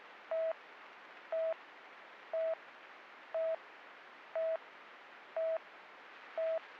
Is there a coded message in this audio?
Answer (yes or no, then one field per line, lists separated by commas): no